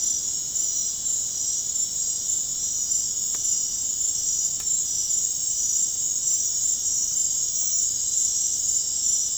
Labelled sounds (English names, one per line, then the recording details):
none
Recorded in dense forest near Puerto Asís, Putumayo, Colombia, on 30 June 2025 at 19:00
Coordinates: 0.503, -76.323
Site G059